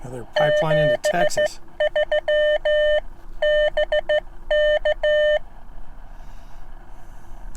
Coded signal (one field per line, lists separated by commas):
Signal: Morse code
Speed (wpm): 14 wpm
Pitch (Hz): 600 Hz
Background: speech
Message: 73 BK